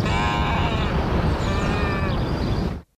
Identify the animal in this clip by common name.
Great Crested Grebe